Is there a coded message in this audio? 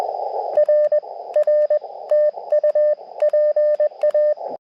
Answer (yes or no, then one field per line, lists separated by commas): yes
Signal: Morse code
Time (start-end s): 0.6-4.3 s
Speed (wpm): 21 wpm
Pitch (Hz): 600 Hz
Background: radio noise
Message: R R TU PA